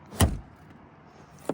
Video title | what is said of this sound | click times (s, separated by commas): How to Fold Down Rear Seats in a 2017–2025 Jeep Compass and cargo space video #jeep #jeepcompass | Grab the seatbelt out of the way and then it should click into place. | 0.2 s